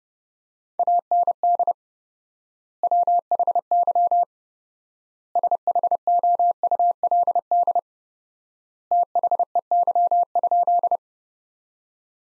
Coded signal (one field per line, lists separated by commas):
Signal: Morse code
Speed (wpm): 32 wpm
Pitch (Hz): 700 Hz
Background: none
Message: AND WHY SHOULD THEY?